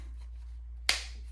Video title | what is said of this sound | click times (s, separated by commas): Mora ELDRIS with a DIY Breakaway Paracord Neck Lanyard | It snaps into place. | 0.9 s